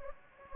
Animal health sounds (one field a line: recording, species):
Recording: mosquito wingbeat signal from an infrared sensor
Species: Anopheles gambiae